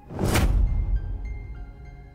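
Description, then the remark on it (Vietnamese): An old man pushes a door open with a quick rushing whoosh and a low thud, then a dull rumbling tail and faint, steady ringing tones fade out. No one speaks. “Giây phút cánh cửa mở ra”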